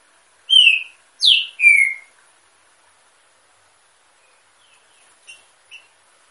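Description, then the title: Green-winged saltator gives a loud three-note whistled phrase, then a pause followed by a few faint, short chirps. Female, caged in an aviary, warming up her song. "fêmea de Trinca-ferro esquentando no viveiro"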